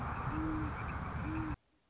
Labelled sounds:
Great Horned Owl
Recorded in Sonoma County, California

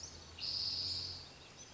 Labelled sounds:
Spotted Towhee
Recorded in Sonoma County, California

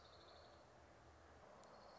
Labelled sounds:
Orange-crowned Warbler
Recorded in Sonoma County, California

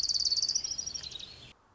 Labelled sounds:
Orange-crowned Warbler
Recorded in Sonoma County, California

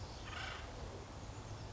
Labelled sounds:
Acorn Woodpecker
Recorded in Sonoma County, California

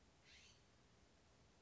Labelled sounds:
California Scrub-Jay
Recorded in Sonoma County, California

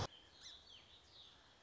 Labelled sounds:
Song Sparrow
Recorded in Sonoma County, California

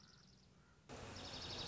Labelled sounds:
Dark-eyed Junco
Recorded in Sonoma County, California

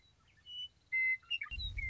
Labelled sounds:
Western Meadowlark
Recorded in Sonoma County, California

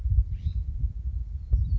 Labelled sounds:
California Scrub-Jay
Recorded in Sonoma County, California

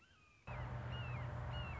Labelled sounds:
Red-shouldered Hawk
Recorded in Sonoma County, California

